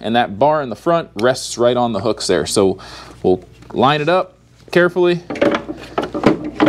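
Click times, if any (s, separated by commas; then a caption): none. A person lines up the front section of a 2025 Buzzaround LX (GB119) mobility scooter's metal frame so its front bar rests on the hooks of the rear frame section. Someone talks throughout, and brief handling knocks come near the end at about 6.0, 6.3 and 6.6 seconds. The clip ends before the halves go home, and nothing has seated or clicked yet.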